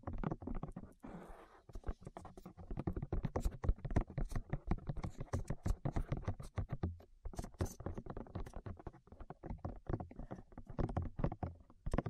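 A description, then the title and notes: Rapid, dense tapping and knocking continues throughout, uneven and crisp, with a brief near-silent gap around seven seconds before it resumes. ASMR Tap Your Ears 3Dio (No Talking).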